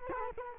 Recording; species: mosquito wingbeat signal from an infrared sensor; Culex quinquefasciatus